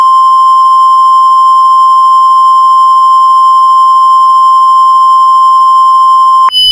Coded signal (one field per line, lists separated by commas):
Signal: Emergency Alert System (SAME) tones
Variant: 1050 Hz attention tone